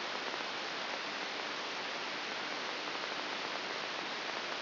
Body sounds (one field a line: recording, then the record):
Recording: brain microelectrode recording played as sound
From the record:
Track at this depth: inside the subthalamic nucleus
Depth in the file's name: 5.401 mm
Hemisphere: right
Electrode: 3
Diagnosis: Parkinson's disease